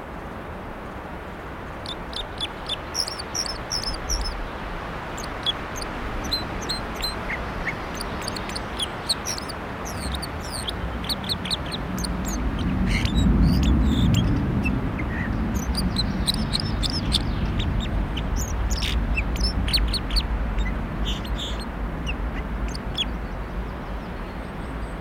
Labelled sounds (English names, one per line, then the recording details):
Red Crossbill song
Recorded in the wild
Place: Staphel, Insel Rügen, Mecklenburg-Vorpommern, DE
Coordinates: 54.483, 13.567
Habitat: Forest
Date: 1975-05-31
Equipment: Nagra III BH, Sennheiser MD 21
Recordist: Schubert, Michael